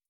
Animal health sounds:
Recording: hydrophone in a shrimp aquaculture tank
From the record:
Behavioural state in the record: starved

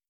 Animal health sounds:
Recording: hydrophone in a shrimp aquaculture tank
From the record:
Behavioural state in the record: starved

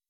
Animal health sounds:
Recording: hydrophone in a shrimp aquaculture tank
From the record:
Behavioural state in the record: weakened

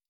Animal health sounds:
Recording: hydrophone in a shrimp aquaculture tank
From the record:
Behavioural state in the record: stressed

